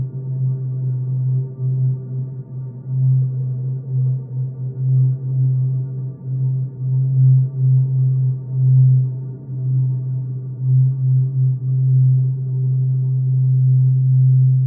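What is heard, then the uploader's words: A low, simple sine tone near 130 Hz hums steadily for the whole stretch, its loudness swelling and dipping in uneven pulses as resonant effects work on it. Faint higher overtones flicker above, and nothing else intrudes. A simple sine wave of 130 hz undergoes a series of resonant effects. Filter Progression (The Assignment: Make music by processing a static sound).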